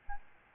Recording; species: mosquito wingbeat signal from an infrared sensor; Aedes albopictus